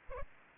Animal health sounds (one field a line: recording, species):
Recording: mosquito wingbeat signal from an infrared sensor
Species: Aedes aegypti